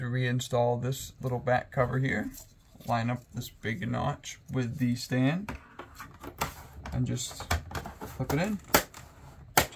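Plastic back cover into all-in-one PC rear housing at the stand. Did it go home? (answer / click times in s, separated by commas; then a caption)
yes / 9.0 s, 9.6 s. Someone talks while lining up the small plastic back cover of a Dell OptiPlex 3030 all-in-one PC with the big notch at the stand, then flips it into the rear housing. A few light handling taps follow. The cover snaps home with two clicks at 9.0 s and 9.6 s, the second one loud and sharp, and it is seated.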